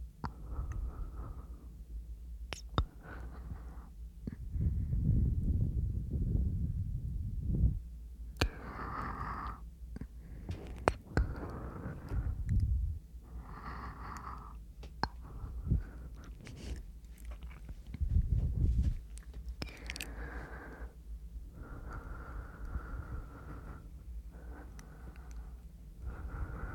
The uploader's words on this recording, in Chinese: 口腔音+呼吸，asmr。